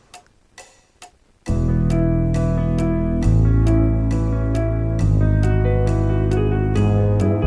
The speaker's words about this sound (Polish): jak brzmi odpowiedź na naszą noworoczną zagadkę? Zegar.